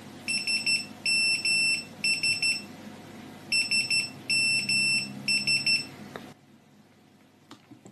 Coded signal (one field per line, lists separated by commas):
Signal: Morse code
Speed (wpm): 12 wpm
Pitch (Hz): 2700 Hz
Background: none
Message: SMS SMS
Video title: Nokia's ascending ringtone was morse code for their slogan 'connecting People'